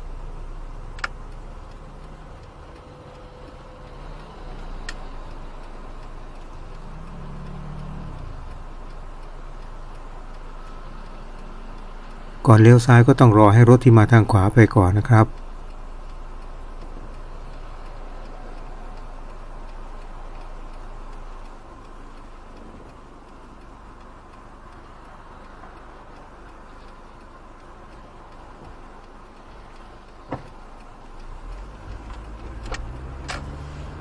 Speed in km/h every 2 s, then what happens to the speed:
8, 8, 4, 1, 1, 0, 0, 0, 0, 0, 0, 0, 0, 0, 0, 4, 17.
0-5 slows to 1. 5-29 standing. 29-34 pulls away to 17.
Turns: 29-34.